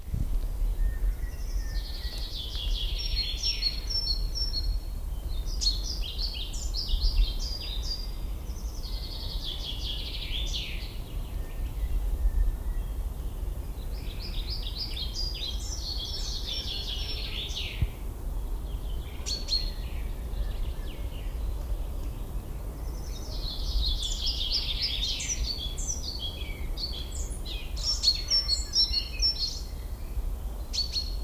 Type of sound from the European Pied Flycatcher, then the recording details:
song. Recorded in the wild. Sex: male. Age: adult. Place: Lanke, Brandenburg, DE. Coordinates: 52.76, 13.54. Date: 1995-04-30 18:55. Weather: heiter 14-15°C. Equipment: Marantz CP 430, Sennheiser ME 80, Kopie Uher 4000 Report Monitor. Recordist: Tembrock, Günter